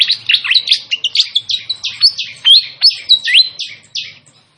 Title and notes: Masteran Sikatan Kipas Suara Jernih Dan Suara Gemericik Air. Suara Burung Sikatan Londo